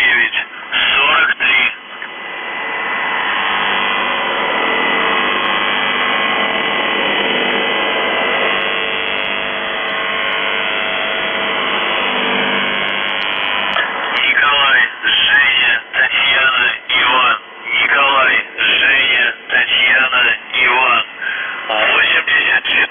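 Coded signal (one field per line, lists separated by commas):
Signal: numbers station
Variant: UVB-76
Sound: brief buzzes, a long steady harsh buzz, then a male voice reading a message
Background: radio static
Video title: The Buzzer/UVB-76(4625Khz) January 3, 2022 13:01UTC Voice message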